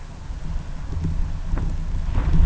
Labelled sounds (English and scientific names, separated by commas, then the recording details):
none
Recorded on Arctic tundra, site UTQI-2, on 11 June 2019
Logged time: 20:00